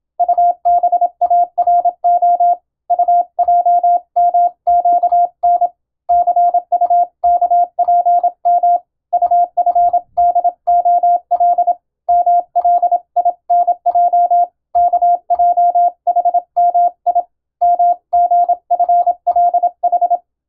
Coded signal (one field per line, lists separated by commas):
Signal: Morse code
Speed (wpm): 26 wpm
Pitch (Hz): 700 Hz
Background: none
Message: UBARO UJMQN CUKPM UFDOL MLINJ KJHMI MGFLH